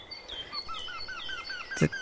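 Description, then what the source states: Eurasian wryneck giving a run of evenly repeated piping notes over low background noise, with a brief sharp click near the end. Recording played on the radio; described as piping.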